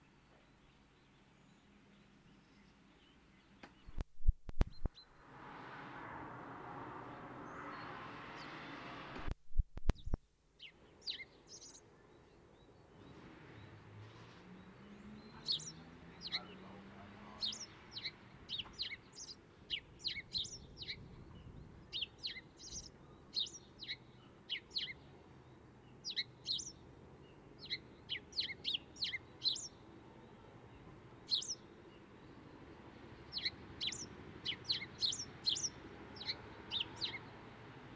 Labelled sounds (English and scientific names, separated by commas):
House Sparrow (Passer domesticus) song